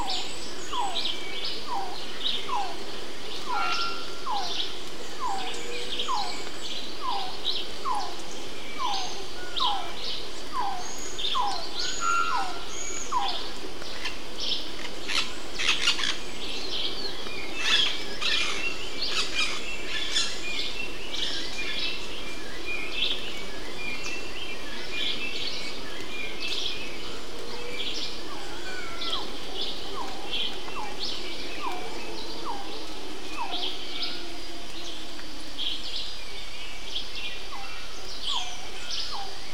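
Birds call through the wet jungle in a dense, steady chorus. A quick, regular run of short chirps repeats through the first third and returns near the end, over constant high bird calls and a low hiss. Sharp louder calls break through around 15–18 seconds.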